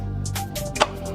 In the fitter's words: snaps in there like so